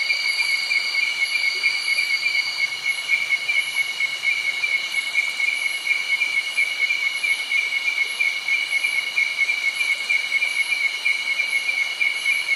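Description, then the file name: Insects drone continuously in overlapping high bands, with a faint rhythmic high pulse recurring roughly every second throughout. Insectss and other insects by a nearby creek in early night, Doi Suthep National Park, Thailand. "insects cicada frogs birds creek close by early night doi suthep national park thailand"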